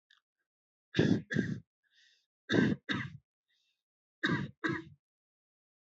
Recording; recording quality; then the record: shallow voluntary cough; excellent, no background noise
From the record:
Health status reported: healthy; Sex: male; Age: 30 years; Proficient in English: yes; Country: United States